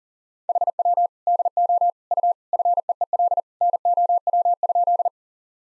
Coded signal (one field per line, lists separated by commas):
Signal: Morse code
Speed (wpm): 40 wpm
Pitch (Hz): 700 Hz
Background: none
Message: HW DO U FEEL NOW?